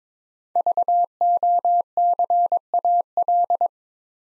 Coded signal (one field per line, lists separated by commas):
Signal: Morse code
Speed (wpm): 23 wpm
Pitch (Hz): 700 Hz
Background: none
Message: VOCAL